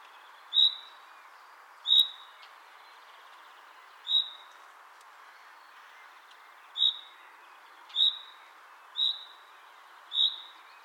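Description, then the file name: Common chaffinch calling with brief bright single notes at irregular intervals, seven calls over about eleven seconds, above a steady background hiss. "Fringilla coelebs"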